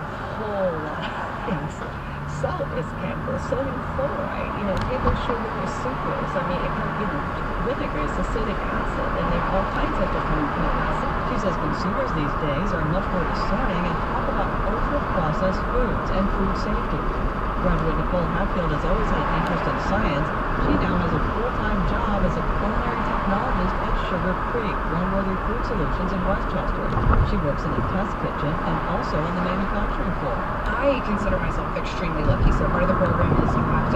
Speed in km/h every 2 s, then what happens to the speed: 11, 16, 29, 40, 48, 56, 61, 63, 64, 64, 64, 64, 60, 58, 60, 58, 58.
0-13 speeds up to 63.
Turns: none.